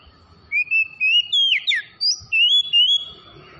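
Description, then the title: Oriental magpie-robin giving a quick series of bright, sliding whistles and buzzy twists, packed closely together. Tretes variety, singing vigorously (gacor). "Kacer Tretes"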